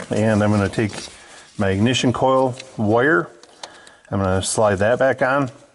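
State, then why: Not seated. Someone talks while handling the ignition coil wire (spark plug wire boot) of a GM 5.3 L V8, getting ready to slide it back onto the ignition coil terminal, with faint handling noises in the pauses between speech. Nothing has seated or clicked yet.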